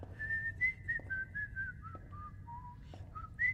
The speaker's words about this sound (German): Hör mit dem Gepfeife auf. Ich pfeife, wann ich will. Niemand hat gesagt, wir dürfen nicht pfeifen. Es geht mir auf die Nerven, wenn du pfeifst. Wenn ich nicht pfeife, verliere ich den Verstand.